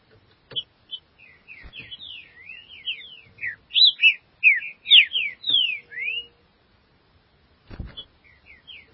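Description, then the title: Green-winged saltator song of rapid chirping whistles swelling to a loud sequence of sharp down-swept notes, with a few knocks and a brief faint steady tone. "Trinca Ferro"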